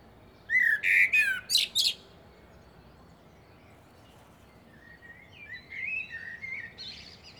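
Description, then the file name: Common blackbird song: a rich fluting phrase with quick high chattering notes, followed by softer, fainter warbles later on. "Turdus merula"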